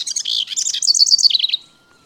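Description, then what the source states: House wren song, a high, fast bubbling jumble of chattering notes ending in a quick run of trilled notes, lasting about one and a half seconds. House wren found in gardens and brushy woods.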